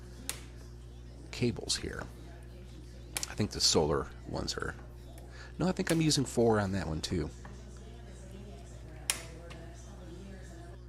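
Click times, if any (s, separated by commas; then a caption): 9.1 s. Someone talks while a preset torque-limiting screwdriver tightens a DC terminal block screw on a solar charge controller to its rated in-lbs. A single sharp click at 9.1 s marks the tool reaching its torque setting, over a steady low hum.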